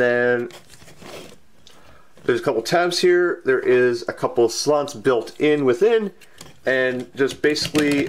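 Someone talks while handling a plastic panel on a transforming robot figure, working it toward the built-in slots it pegs into. Faint plastic handling noise sits between the speech, and nothing has seated or clicked into place yet.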